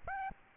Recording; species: mosquito wingbeat signal from an infrared sensor; Aedes albopictus